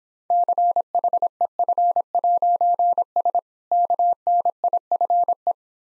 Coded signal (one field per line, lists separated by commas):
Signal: Morse code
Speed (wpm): 26 wpm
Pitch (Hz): 700 Hz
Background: none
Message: CHEF'S KNIFE